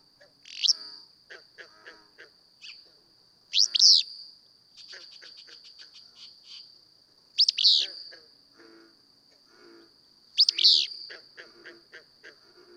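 Willow flycatcher repeating a sneezy, buzzy phrase four times at roughly three-second intervals, with a constant high whine and softer calls between.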